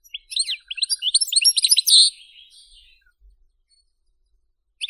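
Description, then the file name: European goldfinch song: a fast tumbling run of bright twittering and tinkling notes with liquid trills, building over two seconds, then a pause and a brief restart. "Golosa ptic - CSHegol Carduelis carduelis"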